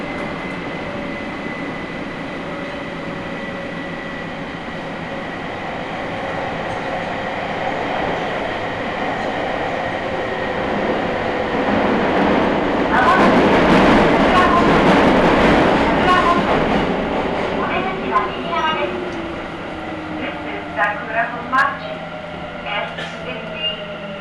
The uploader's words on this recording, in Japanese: 名古屋市営地下鉄桜通線 太閤通→徳重。桜通線の太閤通から徳重までの全区間を乗った時のものです。